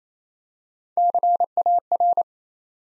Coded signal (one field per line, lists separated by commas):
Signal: Morse code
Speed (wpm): 29 wpm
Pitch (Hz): 700 Hz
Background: none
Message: CAR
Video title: Easy Words with Hints - 28wpm